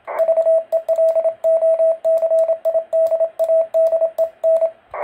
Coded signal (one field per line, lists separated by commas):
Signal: Morse code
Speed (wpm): 27 wpm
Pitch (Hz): 650 Hz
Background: radio noise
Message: VELOCIDADEN